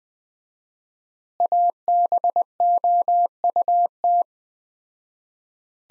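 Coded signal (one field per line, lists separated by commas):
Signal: Morse code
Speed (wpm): 20 wpm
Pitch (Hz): 700 Hz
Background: none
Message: ABOUT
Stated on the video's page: Morse practice at 20 wpm: sentences from the top 200 words with 4x standard word spacing, a word-level analogue of Farnsworth spacing.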